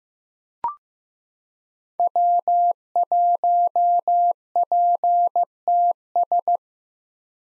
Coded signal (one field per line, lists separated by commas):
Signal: Morse code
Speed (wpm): 15 wpm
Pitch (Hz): 700 Hz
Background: none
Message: W1PTS